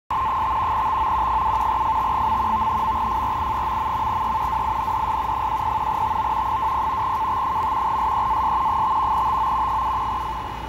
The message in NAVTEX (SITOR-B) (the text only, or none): 5 TO 7 FT. .FRI...E WINDS 10 TO 20 KT. SEAS 5 TO 7